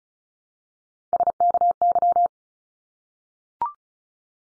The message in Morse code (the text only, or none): SKY